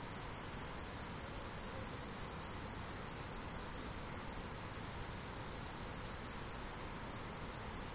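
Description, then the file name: Steady high-pitched cricket chirping, pulses repeating rapidly and evenly throughout, with a shrill insect hiss higher up and faint rumble below. Crickets recorded 17 July 2012 with an MZ-N710 recorder. "mz-n 710 grillons 17 07 2012"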